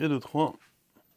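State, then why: Not seated. A third plastic hose guide clip is being put onto the frame of a Meybo Holeshot Pro 22 BMX race cruiser, over the hydraulic brake hose. Someone talks for the first half second, followed by faint handling sounds near 1.0 and 1.2 seconds. Nothing has clicked or seated yet.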